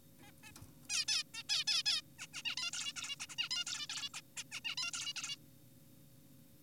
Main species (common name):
Zebra Finch